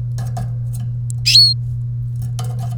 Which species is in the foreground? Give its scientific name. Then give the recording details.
Serinus canaria. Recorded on 30 April 2018 at 16:35. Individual llb3